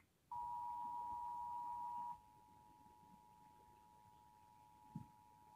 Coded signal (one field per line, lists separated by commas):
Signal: Emergency Alert System (SAME) tones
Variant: 853 and 960 Hz attention tone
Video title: EAS Test 2011 In Illinois